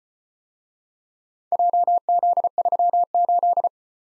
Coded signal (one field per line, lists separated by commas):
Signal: Morse code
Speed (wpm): 34 wpm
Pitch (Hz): 700 Hz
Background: none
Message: JZ38